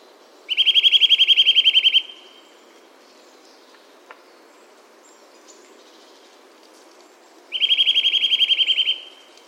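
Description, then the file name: Eurasian nuthatch repeating a quick, level trill of high piping notes twice, each about one and a half seconds long and several seconds apart. "Sitta europaea"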